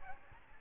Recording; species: mosquito wingbeat signal from an infrared sensor; Aedes albopictus